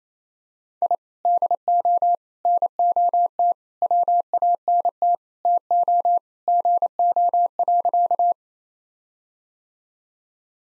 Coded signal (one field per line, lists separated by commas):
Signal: Morse code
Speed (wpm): 28 wpm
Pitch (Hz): 700 Hz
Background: none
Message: I DO NOT WANT TO GO.